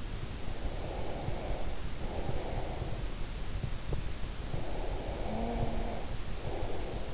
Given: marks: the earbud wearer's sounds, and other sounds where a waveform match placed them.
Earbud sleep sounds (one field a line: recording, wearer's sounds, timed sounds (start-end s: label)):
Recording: sounds in sleep by an in-ear microphone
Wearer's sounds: breath, snoring breath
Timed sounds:
0.47-3.08 s: breath
4.50-7.14 s: snoring breath